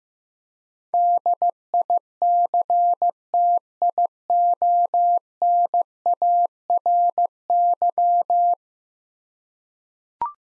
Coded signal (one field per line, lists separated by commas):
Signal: Morse code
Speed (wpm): 15 wpm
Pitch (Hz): 700 Hz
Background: none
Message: DICTIONARY